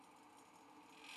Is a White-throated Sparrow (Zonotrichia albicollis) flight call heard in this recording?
no